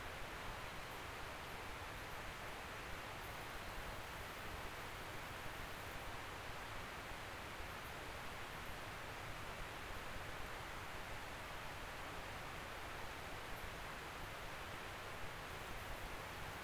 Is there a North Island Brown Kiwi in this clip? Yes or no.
no